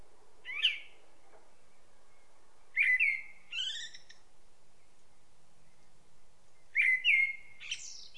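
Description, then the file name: Common blackbird with three separate bursts of sharp whistled and chirping notes a few seconds apart; light steady hiss between them. "Turdus merula"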